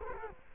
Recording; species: mosquito wingbeat signal from an infrared sensor; Culex quinquefasciatus